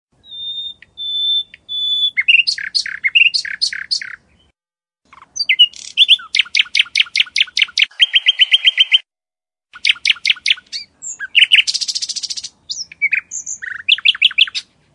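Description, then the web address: Bird song: a lively, varied run of high chirps, whistles and rapid repeated notes in bursts, broken by short pauses, with no other clear sounds. "zwierzeta dzwiek-ptakow"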